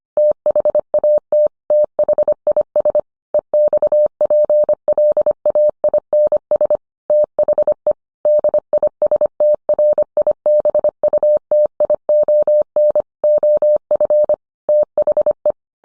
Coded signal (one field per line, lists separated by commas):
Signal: Morse code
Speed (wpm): 25 wpm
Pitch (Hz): 600 Hz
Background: none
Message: THAT THIS EXPLAINS THE DISTRIBUTION OF THE